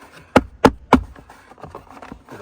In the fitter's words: it all snapped back in and you have power and it's not conspicuous it's